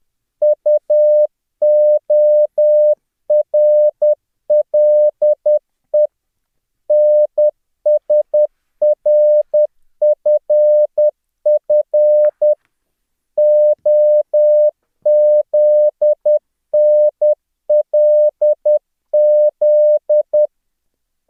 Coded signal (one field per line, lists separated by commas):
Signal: Morse code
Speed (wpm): 10 wpm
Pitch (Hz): 600 Hz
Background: none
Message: UORLE NSRFF OZNLZ